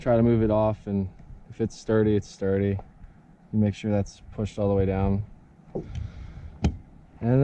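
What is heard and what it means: A plastic retaining tab on a wiper blade clip is pushed all the way down onto the wiper arm of a 350Z's front wiper while someone talks. A sharp click at 6.7 s marks the clip seating fully.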